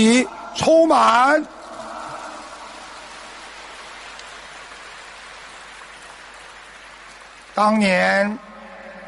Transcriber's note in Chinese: 掌声